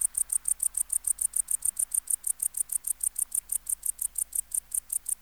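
Tettigonia hispanica bush-cricket song: continuous rapid, rhythmic high buzzing pulses in an otherwise quiet background.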